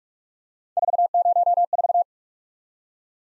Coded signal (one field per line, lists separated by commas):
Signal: Morse code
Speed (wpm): 44 wpm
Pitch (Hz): 700 Hz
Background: none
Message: 404